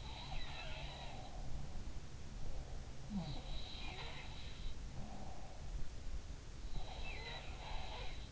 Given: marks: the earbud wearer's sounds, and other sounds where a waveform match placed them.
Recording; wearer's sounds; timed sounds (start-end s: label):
sounds in sleep by an in-ear microphone; breath
0.00-5.98 s: sound from someone else or the room
0.84-3.19 s: breath
4.81-5.98 s: breath
6.63-8.31 s: sound from someone else or the room